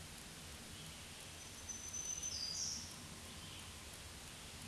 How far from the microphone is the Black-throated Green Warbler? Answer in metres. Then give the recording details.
about 25 m. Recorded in a Pennsylvania forest on 1 June 2023 at 07:15. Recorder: AudioMoth, point grid3_7_high. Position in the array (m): 159 m, 39 m